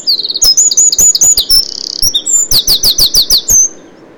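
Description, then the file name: Eurasian wren song: loud, very high sharp notes in a rapid run, a brief buzzy trill in the middle, then a fast series of bright descending notes. "Troglodytes troglodytes"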